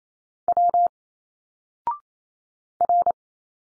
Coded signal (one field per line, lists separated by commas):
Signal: Morse code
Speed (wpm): 27 wpm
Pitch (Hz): 700 Hz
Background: none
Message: W R